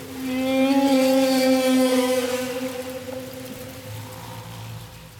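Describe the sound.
Humpback whale song: a long, steady tonal moan rich in harmonics holds for about three seconds, followed by a low buzzing grunt.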